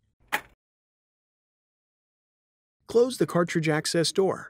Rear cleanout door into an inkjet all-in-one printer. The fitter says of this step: Once the rollers are dry, reinsert the cleanout door and gently press down until it snaps into place.